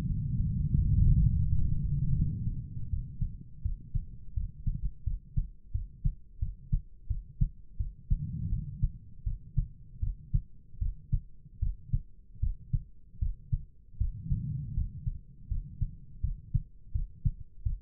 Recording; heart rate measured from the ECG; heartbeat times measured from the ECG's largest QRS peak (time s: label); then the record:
heart sounds by stethoscope; 82 bpm
0.05 s: heartbeat
0.74 s: heartbeat
1.43 s: heartbeat
2.15 s: heartbeat
2.89 s: heartbeat
3.61 s: heartbeat
4.33 s: heartbeat
5.03 s: heartbeat
5.71 s: heartbeat
6.38 s: heartbeat
7.06 s: heartbeat
7.76 s: heartbeat
8.48 s: heartbeat
9.23 s: heartbeat
9.99 s: heartbeat
10.78 s: heartbeat
11.59 s: heartbeat
12.39 s: heartbeat
13.18 s: heartbeat
13.97 s: heartbeat
14.73 s: heartbeat
15.47 s: heartbeat
16.20 s: heartbeat
16.91 s: heartbeat
17.62 s: heartbeat
From the record:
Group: healthy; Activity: rest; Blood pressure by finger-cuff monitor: 103/58 mmHg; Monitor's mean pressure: 75 mmHg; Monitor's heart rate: 83 bpm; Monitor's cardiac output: 6.4 L/min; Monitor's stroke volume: 76 mL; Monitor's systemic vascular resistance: 820 dyn s/cm5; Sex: female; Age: 43 years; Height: 160 cm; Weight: 90 kg